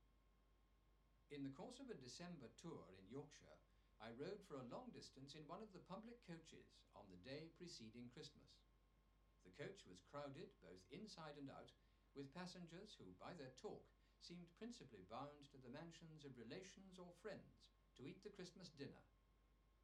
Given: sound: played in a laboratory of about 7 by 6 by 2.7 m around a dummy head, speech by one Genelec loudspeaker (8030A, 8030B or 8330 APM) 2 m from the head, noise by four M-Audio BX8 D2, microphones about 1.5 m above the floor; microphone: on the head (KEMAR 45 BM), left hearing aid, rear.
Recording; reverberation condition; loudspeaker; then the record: male speech in English; low; behind (180 degrees)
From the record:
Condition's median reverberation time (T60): about 310 ms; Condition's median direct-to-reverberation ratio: about 3.5 dB